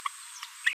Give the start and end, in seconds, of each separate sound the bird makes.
0.66-0.73